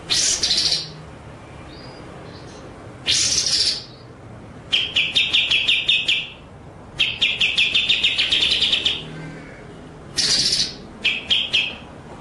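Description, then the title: White-rumped shama song of brief harsh noisy bursts and quick rattling series of clicks, with a soft steady low hum beneath. Masteran training track of full 'ngerol' (long rolling) and 'nembak' (shooting) song styles. "Masteran Murai Batu Full Ngerol Nembak"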